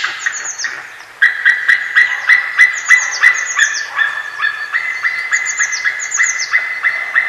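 White-tailed eagle yelping in a long, rapid series of repeated notes, with thin, higher, falling notes sounding above at intervals.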